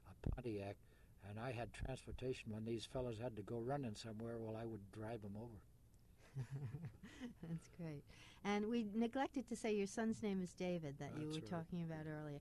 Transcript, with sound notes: a Pontiac and I had transportation when these fellows had to go running somewhere. Well, I would drive them over.
[Laughs] That's great, and we neglected to say your son's name is David that you were talking about earlier.